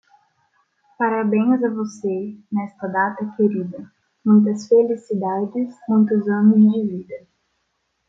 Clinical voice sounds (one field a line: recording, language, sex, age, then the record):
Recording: short text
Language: Brazilian Portuguese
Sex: female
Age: 20 to 29 years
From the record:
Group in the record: control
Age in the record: 23 years